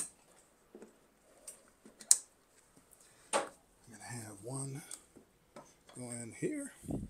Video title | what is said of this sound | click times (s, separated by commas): EG4 Power Pro All Weather Wall Battery Top Balance & Prep | You just kind of click them on there. When you hear the click, you're in business. | 2.1 s